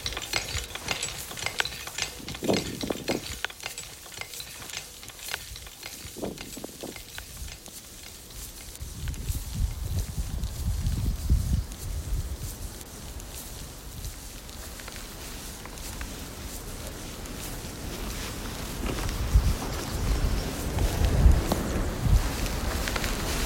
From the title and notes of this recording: From Lukla to Everest Base Camp & Kalapathar. A Soundscape composition using geo-located recordings chronologically depicting my hike up to Everest Base Camp during Sep./Oct.